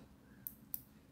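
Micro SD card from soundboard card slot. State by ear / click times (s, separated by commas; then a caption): released / 0.5 s, 0.7 s. A micro SD card in the card slot of a Nano Biscotte v4 soundboard, part of a Graflex 2.5 build, is pressed again so its push-push latch releases it. Two short, sharp clicks at 0.5 s and 0.7 s sound over a faint low hum. The card pops out of the slot and is ready to be removed.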